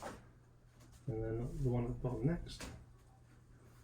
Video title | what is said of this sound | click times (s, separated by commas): Unboxing and assembling a new push cart! #unboxing #golf #pushcart | give it a little shove it doesn't click down into place those elastics are kind of strong | none